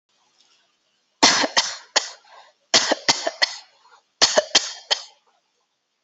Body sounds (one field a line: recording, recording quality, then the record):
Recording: shallow voluntary cough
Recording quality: excellent, no background noise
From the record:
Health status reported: healthy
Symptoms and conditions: none ticked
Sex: female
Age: 41 years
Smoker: not ticked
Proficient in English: yes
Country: India